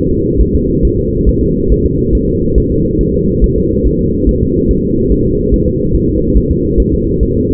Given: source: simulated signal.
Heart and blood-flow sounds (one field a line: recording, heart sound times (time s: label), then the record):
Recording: fetal heart sounds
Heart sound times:
0.11 s: S2
0.41 s: S1
0.55 s: S2
0.85 s: S1
0.99 s: S2
1.29 s: S1
1.43 s: S2
1.72 s: S1
1.86 s: S2
2.15 s: S1
2.29 s: S2
2.58 s: S1
2.72 s: S2
3.01 s: S1
3.15 s: S2
3.44 s: S1
3.58 s: S2
3.87 s: S1
4.01 s: S2
4.29 s: S1
4.43 s: S2
4.71 s: S1
4.85 s: S2
5.12 s: S1
5.26 s: S2
5.54 s: S1
5.68 s: S2
5.95 s: S1
6.09 s: S2
6.38 s: S1
6.52 s: S2
6.80 s: S1
6.94 s: S2
7.23 s: S1
7.37 s: S2
From the record:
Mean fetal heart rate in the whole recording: 140 bpm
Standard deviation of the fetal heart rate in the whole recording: 2 bpm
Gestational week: 34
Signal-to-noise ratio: -14.7 dB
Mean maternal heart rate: 72 bpm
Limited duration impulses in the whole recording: present